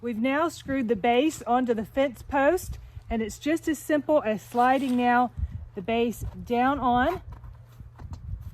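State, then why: Seated. Someone talks while an AIXPI battery-powered safety light housing is slid down onto its mounting base, which is screwed onto a fence post. A couple of faint taps come near 7.4 and 7.6 s, then a sharp click at 8.1 s as the light locks into place on the base.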